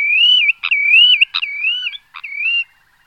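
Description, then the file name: Spotted redshank giving a wavering, yodelling whistle that rises and dips repeatedly, broken by a few short sharp notes. "vodouš-tmavý"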